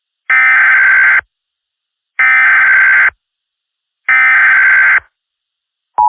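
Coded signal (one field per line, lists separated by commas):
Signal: Emergency Alert System (SAME) tones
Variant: header bursts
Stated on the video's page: Fictional tornado EAS scenario.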